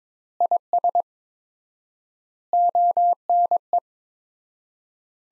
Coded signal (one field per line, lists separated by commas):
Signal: Morse code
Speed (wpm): 22 wpm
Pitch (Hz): 700 Hz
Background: none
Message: IS ONE